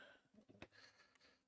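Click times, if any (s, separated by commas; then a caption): 0.6 s, 1.1 s. A plastic LEGO piece that at first won't click in is pressed onto the saucer section of a brick Enterprise-D starship model. After soft handling rustles, a sharp click sounds at 0.6 s and a smaller click at 1.2 s as the piece seats into place.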